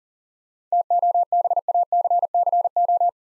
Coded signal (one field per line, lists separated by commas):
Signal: Morse code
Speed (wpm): 40 wpm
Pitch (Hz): 700 Hz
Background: none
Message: TOBACCO